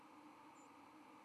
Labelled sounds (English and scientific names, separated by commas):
White-throated Sparrow (Zonotrichia albicollis) flight call